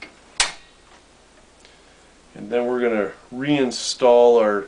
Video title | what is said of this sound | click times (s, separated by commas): Power Supply Replacement 001 | slide it down everything's out of the way and push it forward until it locks into place | 0.4 s